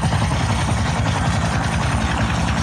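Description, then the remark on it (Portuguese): A helicopter roars steadily throughout, its rotor producing a loud, rapid low-pitched thudding over a dense whooshing engine noise, with no voices. “Bora aqui com o nosso corrocóptero.”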